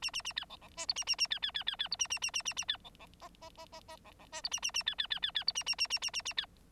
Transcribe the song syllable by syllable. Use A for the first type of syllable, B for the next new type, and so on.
A A A B C C D E A A A B B B B B E A A A A A A B C C F F F F F C C D E A A A B B B B B E A A A A A A A B